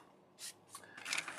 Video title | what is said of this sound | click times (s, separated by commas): Go-Busters DX TATEGAMI LIOH: EmGo's Super Sentai Reviews N' Stuff | push it into place and it'll click into place right there | 1.1 s, 1.2 s